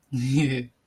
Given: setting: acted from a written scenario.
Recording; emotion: vocal sound without words; amusement